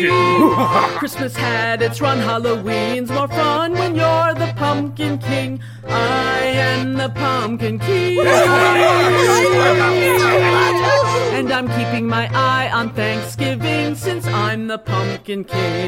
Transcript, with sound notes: Christmas had its run, Halloween’s more fun when you're the Pumpkin King! I am the Pumpkin King! (*random cheers*) And I’m keeping my eye on Thanksgiving since I’m the Pumpkin King!